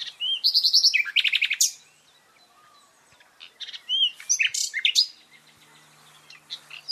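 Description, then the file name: Common nightingale song: loud fast trills of repeated notes, a short pause, then a varied run of sharp whistles and chirps. "Luscinia megarhynchos"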